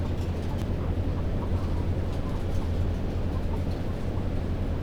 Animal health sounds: poultry house recording; healthy chickens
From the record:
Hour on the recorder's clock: 21

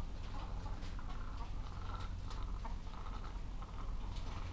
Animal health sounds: poultry house recording; sick chickens (respiratory disease)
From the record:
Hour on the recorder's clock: 14

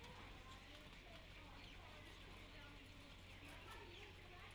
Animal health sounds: poultry house recording; healthy chickens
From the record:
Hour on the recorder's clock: 10

